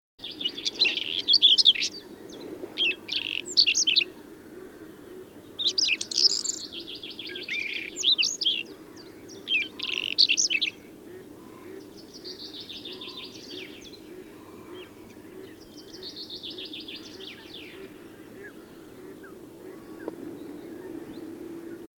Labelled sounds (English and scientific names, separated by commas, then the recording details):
Whinchat (Saxicola rubetra) song
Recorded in the wild
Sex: male
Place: Schwerin, Mecklenburg-Vorpommern, DE
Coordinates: 53.6, 11.435
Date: 1984-04-22
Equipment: Nagra III BH, Sennheiser MD 21, parabola
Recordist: Schubert, Michael
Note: Gesang Braunkehlchen